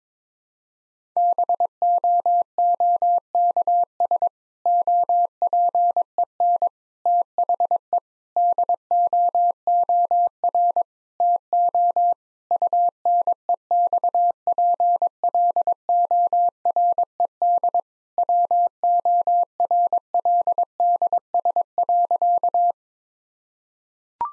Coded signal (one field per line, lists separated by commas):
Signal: Morse code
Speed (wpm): 22 wpm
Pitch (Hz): 700 Hz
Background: none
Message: BOOKS OPEN THE DOOR TO UNEXPLORED WORLDS.